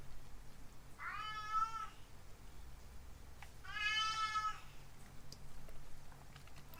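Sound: cat meowing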